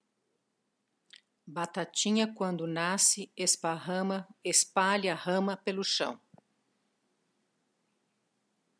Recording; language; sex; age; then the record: short text; Brazilian Portuguese; female; 60 to 69 years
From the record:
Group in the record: control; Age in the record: 62 years